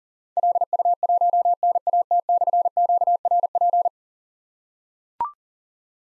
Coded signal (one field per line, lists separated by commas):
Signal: Morse code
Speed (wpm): 40 wpm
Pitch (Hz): 700 Hz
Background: none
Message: LU1NAT/QRP